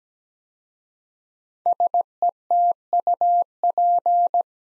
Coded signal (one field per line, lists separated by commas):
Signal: Morse code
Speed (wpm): 17 wpm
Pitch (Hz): 700 Hz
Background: none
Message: SETUP